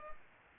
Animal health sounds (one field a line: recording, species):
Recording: mosquito wingbeat signal from an infrared sensor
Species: Culex pipiens